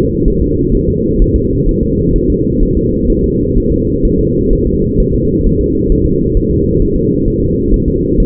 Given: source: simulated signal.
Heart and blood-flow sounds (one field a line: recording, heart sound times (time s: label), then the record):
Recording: fetal heart sounds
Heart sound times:
0.28 s: S1
0.42 s: S2
0.75 s: S1
0.89 s: S2
1.22 s: S1
1.36 s: S2
1.69 s: S1
1.83 s: S2
2.16 s: S1
2.30 s: S2
2.63 s: S1
2.77 s: S2
3.10 s: S1
3.24 s: S2
3.58 s: S1
3.72 s: S2
4.05 s: S1
4.19 s: S2
4.53 s: S1
4.67 s: S2
5.00 s: S1
5.14 s: S2
5.47 s: S1
5.61 s: S2
5.92 s: S1
6.06 s: S2
6.37 s: S1
6.51 s: S2
6.82 s: S1
6.96 s: S2
7.28 s: S1
7.42 s: S2
7.74 s: S1
7.88 s: S2
8.20 s: S1
From the record:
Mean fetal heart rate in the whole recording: 130 bpm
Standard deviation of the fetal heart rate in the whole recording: 4 bpm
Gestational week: 38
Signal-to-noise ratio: -14.7 dB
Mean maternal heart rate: 72 bpm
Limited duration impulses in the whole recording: present